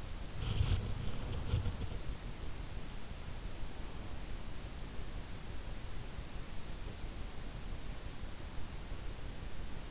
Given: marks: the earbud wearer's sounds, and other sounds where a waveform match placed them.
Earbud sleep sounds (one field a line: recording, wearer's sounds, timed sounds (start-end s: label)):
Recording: sounds in sleep by an in-ear microphone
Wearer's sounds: body movement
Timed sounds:
0.00-2.33 s: body movement